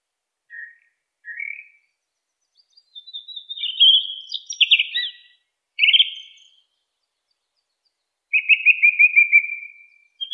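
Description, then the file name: Song thrush song of varied phrases: soft low chirps, then loud rapid trilled bursts and a buzzy descending phrase, separated by short silences. "suara-kicauan-burung-song-thrush -omkicau"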